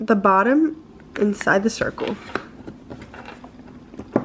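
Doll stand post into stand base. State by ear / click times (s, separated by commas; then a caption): seated / 4.2 s. Someone talks while the plastic post of a Monster High doll stand, for a Booriginal Creeproduction Frankie Stein doll, is pushed into the circular socket of its stand base, which bears the Monster High name and spider webs. Small handling ticks follow, then a sharp click at 4.2 s as the post seats in the base.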